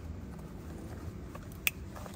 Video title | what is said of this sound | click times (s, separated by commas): How To Install a Light Up SRT Wheel Airbag In Your 392, Scat Pack, R/T, Jeep, Durango STEP BY STEP! | hear that click and then you have two more you have this one | 1.7 s